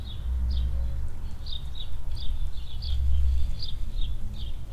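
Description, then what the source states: Swallow chirps in several short high notes, with a deep rumble of wind underneath. Swallows flying under a shed roof in a barn yard at the village centre, Hoscheid; mellow wind; early afternoon in spring.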